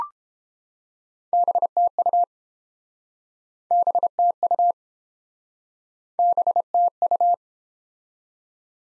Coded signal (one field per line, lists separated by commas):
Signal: Morse code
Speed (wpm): 30 wpm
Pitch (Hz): 700 Hz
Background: none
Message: BTU BTU BTU